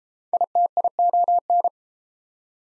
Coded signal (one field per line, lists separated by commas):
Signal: Morse code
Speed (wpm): 29 wpm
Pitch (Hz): 700 Hz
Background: none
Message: ITION